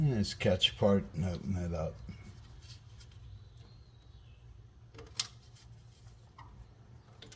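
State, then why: Not seated. Someone talks while opening a steel snap ring and working it toward its groove in a front suspension component during a Silverado Z71 truck front suspension overhaul. After the talking, quiet handling follows, with a few short, sharp metallic ticks near 5.0 s and 5.2 s and faint ones around 7.2–7.3 s. Nothing has seated or clicked into the groove yet.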